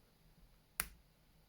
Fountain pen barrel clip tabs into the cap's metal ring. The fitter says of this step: So when you push it in, you can hear a snap.